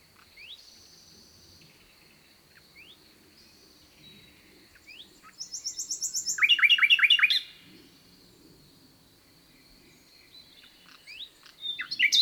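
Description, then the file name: Common nightingale singing: soft scattered rising whistles, then a loud burst of rapid repeated notes around the middle, with a steady high thin tone running throughout. "Luscinia megarhynchos"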